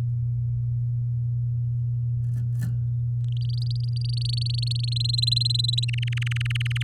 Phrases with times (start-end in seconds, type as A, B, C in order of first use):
3.28-4.94 A, 4.96-5.85 B, 5.88-6.83 C